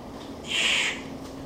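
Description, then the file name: Victoria's riflebird with one loud, breathy rasp that swells and fades within half a second over a faint constant drone. "Ptiloris Victoriae"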